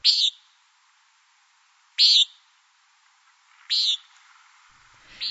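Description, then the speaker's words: Common Nighthawk call: a short, harsh nasal buzz repeated four times, spaced roughly one and a half to two seconds apart. A nightjar breeding in Utah. "Another Utah breeder is the common nighthawk, which sounds like this."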